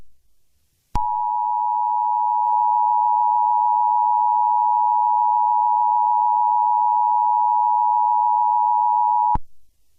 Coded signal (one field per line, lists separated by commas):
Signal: Emergency Alert System (SAME) tones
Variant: 853 and 960 Hz attention tone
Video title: EAS Scenario #34: The Godzilla Getdown